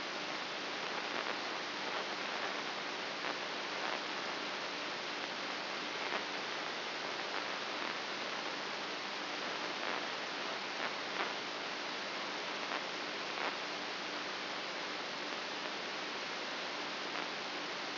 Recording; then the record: brain microelectrode recording played as sound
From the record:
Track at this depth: inside the subthalamic nucleus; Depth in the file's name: 5.44 mm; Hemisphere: right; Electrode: 2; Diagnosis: Parkinson's disease